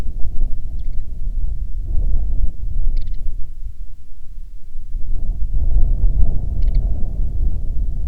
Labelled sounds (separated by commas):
songbird, wind